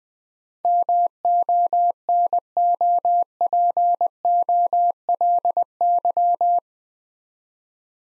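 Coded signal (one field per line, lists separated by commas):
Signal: Morse code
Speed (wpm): 20 wpm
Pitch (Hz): 700 Hz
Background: none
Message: MONOPOLY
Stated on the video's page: Morse practice at 20 wpm sending 8-letter words for head-copy training.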